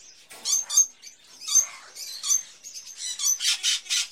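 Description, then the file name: Birds calling in a chorus, rapid high chirps and harsh buzzy bursts overlapping, with short pauses. Various birds in a pet shop, ambience. "Sound Ideas 2000 Series - Birds, Various Birds In A Pet Shop, Ambience"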